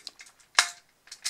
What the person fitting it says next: we push them together with a nice click